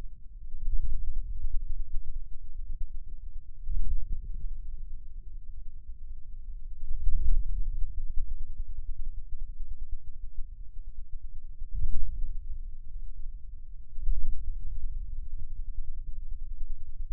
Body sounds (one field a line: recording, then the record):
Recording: forearm muscle sounds (acoustic myography)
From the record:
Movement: hand closing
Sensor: system 2, bracelet of six BSWA MPA416 microphones around the upper forearm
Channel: 5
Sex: male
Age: 22 years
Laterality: right